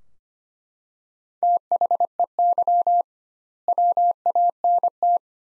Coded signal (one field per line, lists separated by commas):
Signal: Morse code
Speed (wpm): 25 wpm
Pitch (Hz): 700 Hz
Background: none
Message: THEY WANT